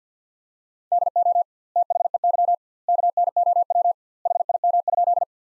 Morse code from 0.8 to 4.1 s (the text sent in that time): DO THEY KNOW